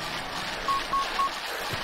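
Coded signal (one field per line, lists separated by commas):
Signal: none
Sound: racing game's timer beeps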